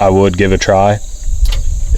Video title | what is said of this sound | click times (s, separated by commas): CRAZY testing of TEN different mechanical broadheads! (Shocking Results!!!) | just barely doesn't close on this | none